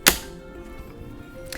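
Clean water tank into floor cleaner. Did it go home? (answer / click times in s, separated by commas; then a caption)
yes / 0.1 s. A filled plastic clean-water tank is popped into its slot on a BISSELL CrossWave floor cleaner and clicks into place with a sharp, loud snap at 0.1 s. A low background hum follows, and a fainter click is heard at 1.5 s. The tank is seated.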